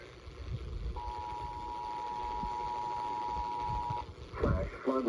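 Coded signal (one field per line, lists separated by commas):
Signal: Emergency Alert System (SAME) tones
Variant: 853 and 960 Hz attention tone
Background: speech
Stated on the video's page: Alerts received on AM radio.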